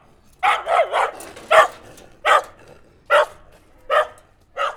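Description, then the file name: Dog barking in short, sharp woofs, a quick run of three followed by single barks roughly every second, over a quiet background. "chien aboie"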